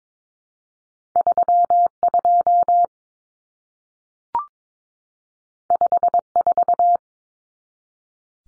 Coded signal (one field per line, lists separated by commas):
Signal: Morse code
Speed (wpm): 22 wpm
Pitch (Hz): 700 Hz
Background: none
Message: 32 54